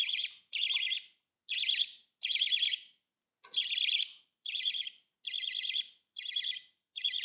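Budgerigar chirping: loud buzzy, warbled notes in steady bursts under a second apart, a short break midway, then more of the same.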